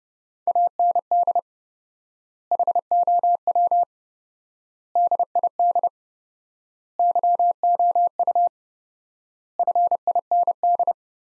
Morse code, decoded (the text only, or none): AND HOW DID YOU FIND